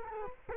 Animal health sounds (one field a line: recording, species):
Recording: mosquito wingbeat signal from an infrared sensor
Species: Culex quinquefasciatus